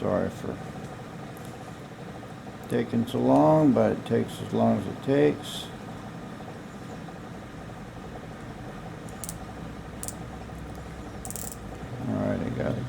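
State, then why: Torque reached. A bolt is tightened with a click-type torque wrench until it breaks over at its setting, with values of 125 and then 150. Someone talks over a low background hum. Three pairs of sharp clicks come at 9.2 and 9.3 s, 10.0 and 10.1 s, and 11.3 and 11.4 s, confirming that the wrench clicked at its setting.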